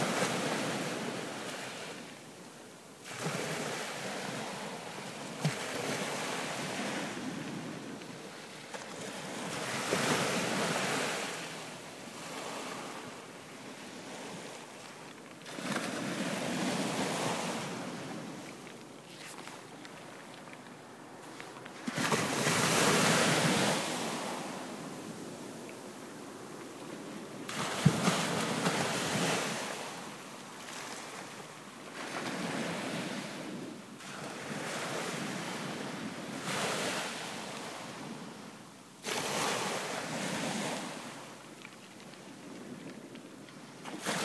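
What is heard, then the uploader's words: Waves at high tide wash in and break every few seconds, the loudest surges near 22 and 28 seconds, under steady wind. High tide at Broadhaven.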